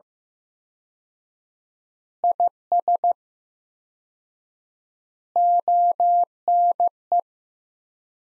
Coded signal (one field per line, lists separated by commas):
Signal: Morse code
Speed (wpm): 15 wpm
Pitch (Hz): 700 Hz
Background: none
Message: IS ONE